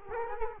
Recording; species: mosquito wingbeat signal from an infrared sensor; Culex quinquefasciatus